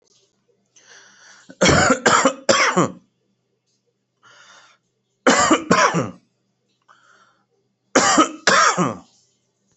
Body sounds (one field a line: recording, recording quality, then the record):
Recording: heavy voluntary cough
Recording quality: excellent, no background noise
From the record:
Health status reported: healthy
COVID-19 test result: not tested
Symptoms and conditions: none ticked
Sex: male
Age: 33 years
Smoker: yes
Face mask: not worn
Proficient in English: yes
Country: India